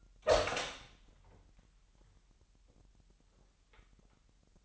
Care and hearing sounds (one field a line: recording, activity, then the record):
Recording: daily activity, microphone in the room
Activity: open door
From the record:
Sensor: 3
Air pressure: 998.3 hPa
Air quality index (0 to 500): 145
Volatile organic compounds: 5 ppm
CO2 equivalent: 1731 ppm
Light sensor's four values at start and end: 15/45/18/17 and 15/45/18/17